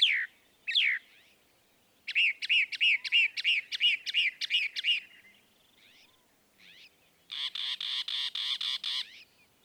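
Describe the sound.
Northern mockingbird song: two sweeping notes, a rapid series of arched chirps repeated about ten times, a pause, then a dense buzzy trill of repeated notes.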